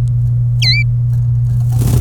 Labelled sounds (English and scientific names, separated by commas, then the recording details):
Domestic Canary (Serinus canaria) song
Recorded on 27 April 2018 at 14:13
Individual llb3